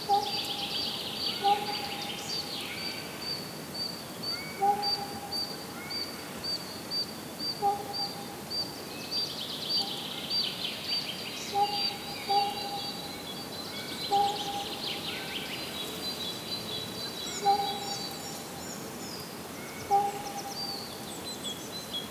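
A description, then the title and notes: Birds sing in spring, with a steady weave of bright chirps and trills from several birds. A clear, mid-pitched whistle repeats about every two to three seconds throughout, while high twittering rises and falls over a soft outdoor hiss. Happy Birds in the Spring.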